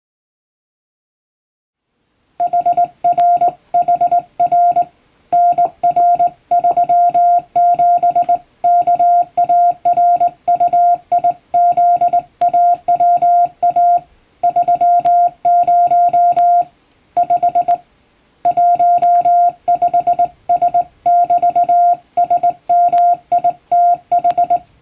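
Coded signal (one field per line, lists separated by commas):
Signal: Morse code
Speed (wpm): 20 wpm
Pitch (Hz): 700 Hz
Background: music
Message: HRHR NR37KARUIZAWA 30 5 15S<BT>SMITH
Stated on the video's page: Morse practice for the Japanese radiotelegraph operator exam, recorded on the air on amateur radio; references Japanese Morse at 17 wpm and English at 25 wpm.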